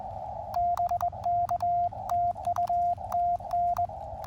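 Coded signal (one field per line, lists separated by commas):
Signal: Morse code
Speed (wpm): 19 wpm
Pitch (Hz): 690 Hz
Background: radio noise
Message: BK TU TN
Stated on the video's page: CW Parks on the Air activation sent with KXPD3 paddles used as a cootie key, Elecraft KX2 into a 9:1 vertical.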